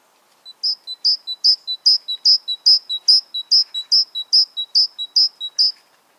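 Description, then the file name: Great tit repeating a bright two-note phrase many times at a quick steady pace, with nothing else audible. "Parus major"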